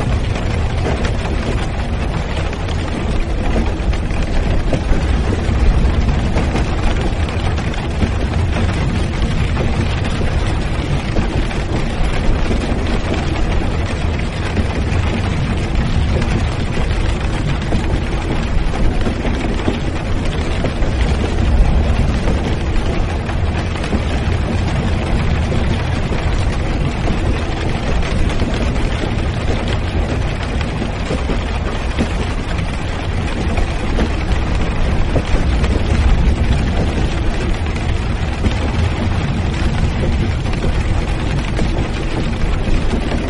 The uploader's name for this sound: The sound of cars driving on rainy days